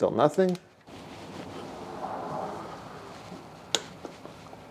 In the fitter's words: That click right there.